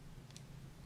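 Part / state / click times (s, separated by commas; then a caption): torque adjusting nut on electric thread insert driver / seated / 0.3 s, 0.4 s. The torque adjusting nut on the front of an Advanex KATO KFS-20 electric thread insert driver is turned with the sleeve pulled back, locking into a detent position every half turn. Two faint, sharp clicks at 0.3 and 0.36 seconds stand out over a steady low hum as the nut locks into place.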